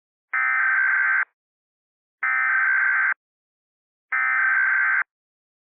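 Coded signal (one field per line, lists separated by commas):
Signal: Emergency Alert System (SAME) tones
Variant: header bursts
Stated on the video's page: Simulated Emergency Alert System scenario of a volcanic eruption, a fictional production made with voice actors.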